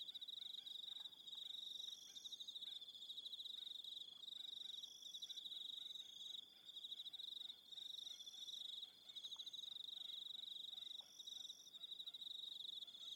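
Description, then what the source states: Crickets chirp steadily in a high, pulsing chorus with brief pauses, with fainter higher tones above and scattered soft ticks underneath. Soundscape of crickets.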